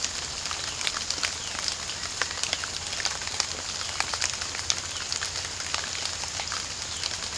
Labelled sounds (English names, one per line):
Violaceous Jay